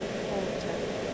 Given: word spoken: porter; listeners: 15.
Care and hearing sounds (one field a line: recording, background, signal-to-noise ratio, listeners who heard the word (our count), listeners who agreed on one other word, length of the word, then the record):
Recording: one English word in noise, from a listening test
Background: speech-shaped noise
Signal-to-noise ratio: -6.2 dB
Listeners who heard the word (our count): 2 of 15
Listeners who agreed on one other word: 8 of 15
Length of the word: 0.74 s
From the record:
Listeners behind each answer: 8, 2, 2, 2, 1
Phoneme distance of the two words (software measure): 10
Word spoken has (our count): 2 syllables, 4 phonemes, stress on syllable 1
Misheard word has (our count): 2 syllables, 4 phonemes, stress on syllable 1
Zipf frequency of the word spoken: 3.99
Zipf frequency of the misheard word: 5.53